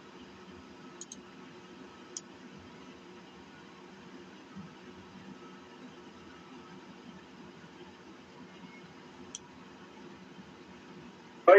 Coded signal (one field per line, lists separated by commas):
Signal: FT8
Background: speech